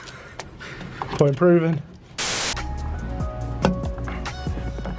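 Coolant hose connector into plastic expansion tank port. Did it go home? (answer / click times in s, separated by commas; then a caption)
yes / 3.6 s. On an Audi TT Mk1 1.8T, a coolant hose connector is pushed onto the port of a new plastic coolant expansion tank until it latches with a sharp click at 3.6 s, and the connection is on and tight. Someone talks, and there is a loud broadband burst of noise just after 2 s.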